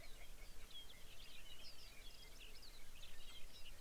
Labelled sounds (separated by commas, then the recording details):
songbird
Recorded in the Arctic National Wildlife Refuge, Alaska, on 23 May 2019 at 05:10
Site 49